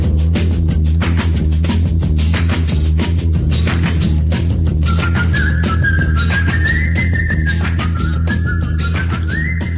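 A French rock and roll cover song plays loud and steady, with driving guitar, bass and drums, and a bright whistled melody joining in over the instrumental halfway through.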